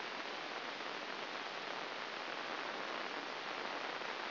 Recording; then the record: brain microelectrode recording played as sound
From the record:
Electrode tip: inside the subthalamic nucleus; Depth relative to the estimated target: -2.5 mm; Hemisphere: right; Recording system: AlphaMap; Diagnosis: Parkinson's disease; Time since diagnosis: 11 years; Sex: female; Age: 60 years